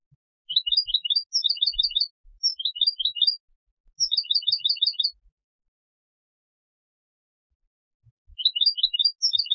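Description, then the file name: European goldfinch giving several quick bursts of bright twittering chirps in close succession, then a long quiet gap before another burst starts. "Carduelis carduelis"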